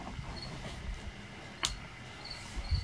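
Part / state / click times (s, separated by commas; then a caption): side window deflector clip into car door window channel / seated / 1.6 s. A plastic WeatherTech side window deflector with clips is pressed into the door window channel of a Dodge Journey. Against a steady low background with faint high-pitched chirps, the retaining clip on the rear end gives one sharp, short snap at 1.7 seconds, and the clip is seated in place.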